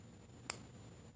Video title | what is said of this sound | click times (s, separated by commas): REVIEW and BUY: SOG key-knife keychain. TOP QUALITY! | yes it's a nice little tiny noise | 0.5 s